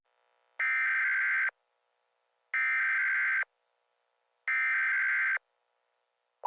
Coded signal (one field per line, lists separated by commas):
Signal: Emergency Alert System (SAME) tones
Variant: header bursts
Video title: EAS Mock #26 : Hot/Warm Breeze